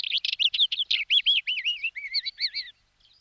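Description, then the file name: Isabelline wheatear singing a rapid, varied series of chirps and warbled notes, with wavy whistled phrases toward the end. "Belorit plavy Oenanthe isabellina"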